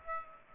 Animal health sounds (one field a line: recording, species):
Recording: mosquito wingbeat signal from an infrared sensor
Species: Aedes aegypti